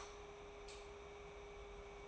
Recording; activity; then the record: daily activity, microphone in the room; light off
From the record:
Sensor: 1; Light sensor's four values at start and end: 26/65/27/29 and 22/51/22/24